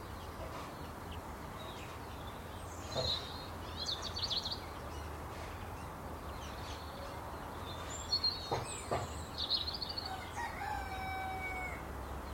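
A robin sings in short, bright, high bursts around the third, fourth and eighth to ninth seconds, over a steady low rumble. Near the end a neighbour's chicken lets out a drawn, tonal call, with fainter clucks scattered between the phrases.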